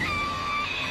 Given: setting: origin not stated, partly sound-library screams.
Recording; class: one-second piece from a danger detection set; woman in danger